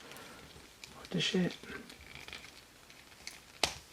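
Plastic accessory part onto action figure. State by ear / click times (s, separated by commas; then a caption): seated / 3.6 s. A plastic accessory part is pressed onto a Metal Build Gundam Exia Repair action figure over several tries, with faint plastic taps and fumbling while someone talks. A sharp snap at 3.6 s marks the part seating onto the figure.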